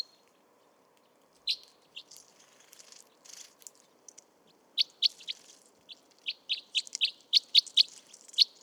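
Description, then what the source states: Crossbill feeding noises: sharp high ticks and cracks, sparse at first, then coming faster and denser toward the end, over a soft low background hum. Crossbills peeling pine cones, morning, February 2020, Montagne du Puy, Drôme, France, 1500 m altitude, mixed conifer and oak forest; Nagra Seven recorder with Telinga Pro7 stereo.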